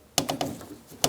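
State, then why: Seated. Inside the rear door of a 2012-2017 Hyundai Accent, the exterior door handle actuator linkage rod is pulled down and pushed into its plastic retaining clip, then let go. A sharp click at 0.2 s marks the rod seating in the clip, followed by a softer tap at 0.4 s and another loud snap at 1.0 s. The rod is seated in its clip.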